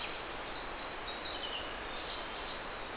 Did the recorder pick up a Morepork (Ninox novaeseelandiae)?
no